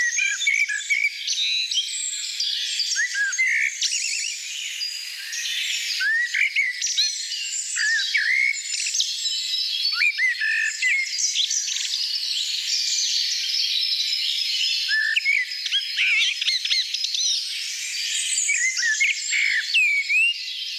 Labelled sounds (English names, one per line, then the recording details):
Common Blackbird song
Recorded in the wild
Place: Lilienhof / Kaiserstuhl, Baden-Württemberg, DE
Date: 1989-04-16
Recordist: Schwarz, Dieter
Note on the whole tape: Song